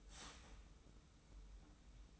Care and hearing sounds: daily activity, microphone in the room; start toaster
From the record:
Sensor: 1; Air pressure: 990.8 hPa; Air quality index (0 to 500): 144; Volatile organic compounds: 861 ppm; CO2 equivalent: 5178 ppm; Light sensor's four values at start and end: 21/50/21/23 and 21/50/21/23

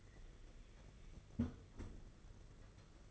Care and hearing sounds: daily activity, microphone in the room; close fridge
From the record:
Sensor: 4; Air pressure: 992.6 hPa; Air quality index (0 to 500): 168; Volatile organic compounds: 240 ppm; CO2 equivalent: 4334 ppm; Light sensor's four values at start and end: 19/66/25/25 and 19/67/25/25

